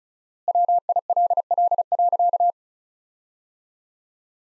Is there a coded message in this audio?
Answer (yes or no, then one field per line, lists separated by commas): yes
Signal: Morse code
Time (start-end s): 0.5-2.5 s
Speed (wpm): 36 wpm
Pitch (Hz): 700 Hz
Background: none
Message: WILL.